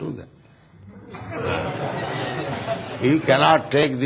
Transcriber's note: laughter